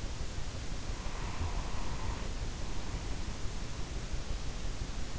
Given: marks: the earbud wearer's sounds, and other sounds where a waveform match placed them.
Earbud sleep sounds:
sounds in sleep by an in-ear microphone; breath
0.71-3.42 s: breath

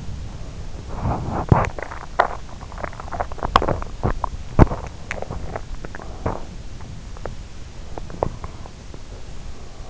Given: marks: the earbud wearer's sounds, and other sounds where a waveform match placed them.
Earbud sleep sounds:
sounds in sleep by an in-ear microphone; body movement, teeth grinding
0.00-9.27 s: body movement
1.43-5.06 s: teeth grinding

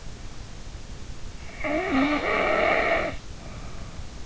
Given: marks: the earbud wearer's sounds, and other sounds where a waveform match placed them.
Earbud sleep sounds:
sounds in sleep by an in-ear microphone; snoring breath
1.49-4.12 s: snoring breath

